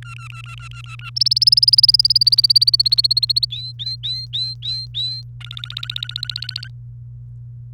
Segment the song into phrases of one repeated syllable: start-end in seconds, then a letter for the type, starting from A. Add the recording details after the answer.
0.02-1.10 A, 1.16-3.45 B, 3.50-5.22 C, 5.41-6.68 D. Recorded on 28 April 2018 at 06:21. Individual llb3